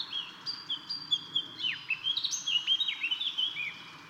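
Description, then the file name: Eurasian blackcap warbling continuously with clear whistled notes, slurred downward and upward, over a faint background hiss. "Sylvia atricapilla"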